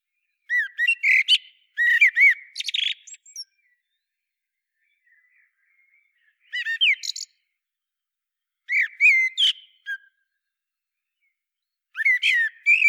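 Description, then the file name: Common blackbird with several short phrases of slurred whistles and harsh twittering, the first long and busy, later ones brief, with pauses between. "Turdus merula"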